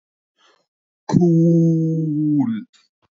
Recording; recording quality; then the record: sustained vowel as in boot; moderate, slight background noise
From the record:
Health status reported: respiratory illness, not identified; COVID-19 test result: negative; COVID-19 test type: RT-PCR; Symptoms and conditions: cold, sore throat, fatigue, asthma, another condition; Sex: male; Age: 25 years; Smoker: no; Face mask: not worn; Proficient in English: yes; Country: India